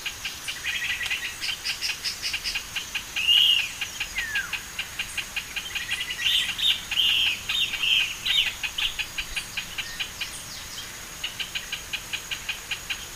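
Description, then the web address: Pinto's spinetail calling in a rapid series of short notes, with a steady high whine throughout. "Pinto's spinetail. پرنده-دم-خاری-پینتو"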